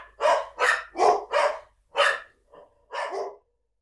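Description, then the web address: Dog barking: a run of five loud, hoarse barks roughly every half second, a brief pause with a soft yelp, then a final double bark. Farm dogs barking. "animals dogs farm dogs barking"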